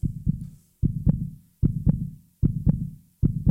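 Steady, low, paired thumps from an adult heart repeat about 75 times a minute in an even rhythm. Each beat has a clear lub followed closely by a dub, then a quiet pause. This is an adult heartbeat at an ordinary resting rate.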